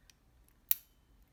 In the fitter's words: you still hear that click and you shouldn't be hearing that click and when i do this it should be unlocking lock